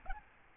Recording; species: mosquito wingbeat signal from an infrared sensor; Aedes albopictus